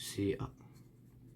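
Someone talks while handling the lid of a Pokémon Ultra Premium collector box, pressing on its second lid clip after noticing the lid was not fully shut. A brief burst of handling noise is heard around 0.2–0.5 s, then only quiet room tone follows. Nothing has seated or clicked yet.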